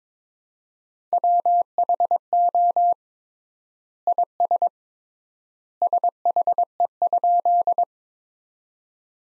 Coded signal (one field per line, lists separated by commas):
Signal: Morse code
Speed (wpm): 21 wpm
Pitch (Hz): 700 Hz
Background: none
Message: WHO IS SHE?